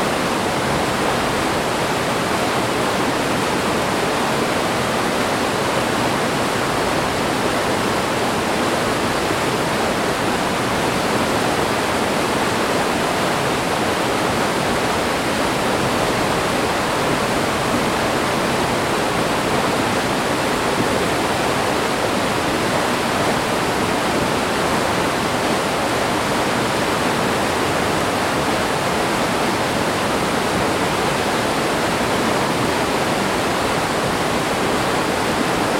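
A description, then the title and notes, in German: A torrential river rushes through a narrow gorge, its roar dense and unbroken for the whole stretch. The sound is full, spread evenly from a low rumble up to a bright hiss, with no distinct splashes or other sounds standing out. Wir hören einem reißenden Flusslauf zu, der sich durch eine Klamm windet.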